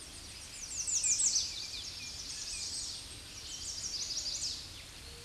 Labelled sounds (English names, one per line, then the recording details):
American Redstart song
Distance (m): 15 m
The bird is about 10 m above the microphone
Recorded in a Pennsylvania forest on 16 May 2024 at 07:40
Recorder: AudioMoth, point MSD-0526
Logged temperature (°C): 16.6 °C
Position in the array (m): 115 m, 230 m